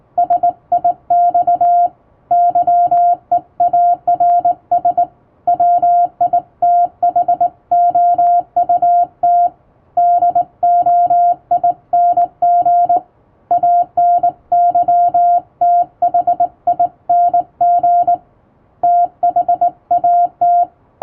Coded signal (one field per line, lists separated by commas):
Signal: Morse code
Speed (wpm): 20 wpm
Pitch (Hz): 700 Hz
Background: music, radio noise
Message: SIX YEARS WITHOUT DOING ANYTHING THAT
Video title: 【手打ちモールス符号のトンツー教室】基本的な打ち方、正しい姿勢で縦振り電鍵で打ちました！綺麗な手打ちモールス符号で送信しよう！欧文電報練習帳を使用しています(morse code practice)